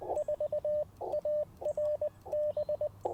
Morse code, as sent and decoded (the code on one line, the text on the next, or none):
....- .- .-. -...
4ARB